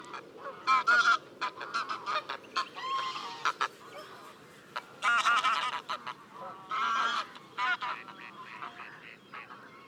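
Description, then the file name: Greylag goose honking in loud, nasal bursts, several calls overlapping in quick series, over a steady low background rumble. "nyari lud hangja"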